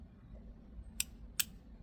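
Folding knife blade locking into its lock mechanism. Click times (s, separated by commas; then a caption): 1.0 s, 1.4 s. A Vosteed Raccoon V folding knife, disassembled to show its locking mechanism, has its metal blade swung open until the steel lock engages. Two sharp metallic clicks at 1.0 s and 1.4 s are heard over a quiet, low background. The blade seats and locks into place.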